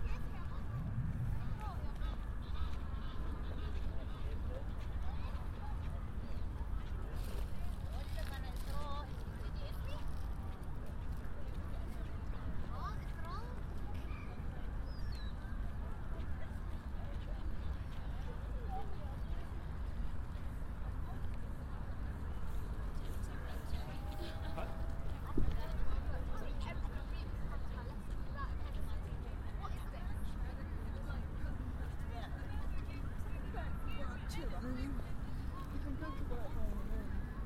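Walking through Hyde Park: steady murmur of many voices over a low continuous rumble, with a brief louder burst around twenty-five seconds.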